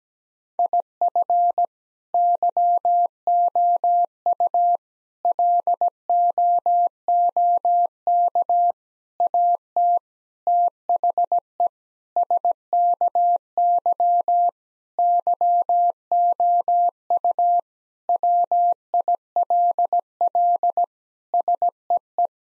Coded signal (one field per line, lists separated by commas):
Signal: Morse code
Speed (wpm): 17 wpm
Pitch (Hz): 700 Hz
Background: none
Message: IF YOU LOOK AT THE SKY YOU WILL SEE